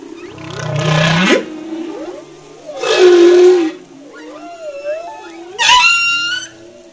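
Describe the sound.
Humpback whale song with two loud roaring wails, then wavering mid-pitched moans and a sharp rising harmonic cry near the end.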